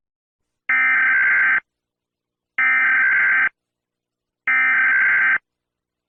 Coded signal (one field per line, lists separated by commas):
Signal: Emergency Alert System (SAME) tones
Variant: header bursts